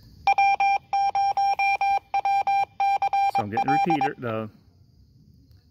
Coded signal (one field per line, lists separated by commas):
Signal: Morse code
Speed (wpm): 22 wpm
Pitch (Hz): 790 Hz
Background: speech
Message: W0WCL